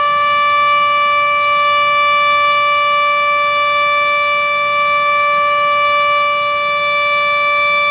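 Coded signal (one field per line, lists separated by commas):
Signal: siren signal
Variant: Japanese dam discharge siren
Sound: one continuous, steady, loud siren tone with strong harmonics, no rise or fall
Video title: ダム放流サイレン音 緊急放流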